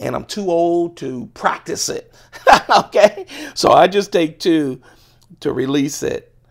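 Someone talks while working the top-mounted pin lock of a Chris Reeve Ti-Lock titanium folding knife, using two hands to release it. The blade is being handled and has not yet clicked into its locked position; nothing has seated or clicked by the end of the clip.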